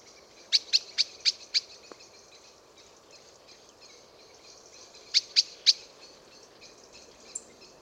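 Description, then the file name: Eurasian blackbird giving sharp, clicking call notes: a quick run of five, a pause of several seconds, then three more, over faint steady background hiss. "Turdus merula"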